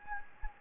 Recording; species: mosquito wingbeat signal from an infrared sensor; Anopheles gambiae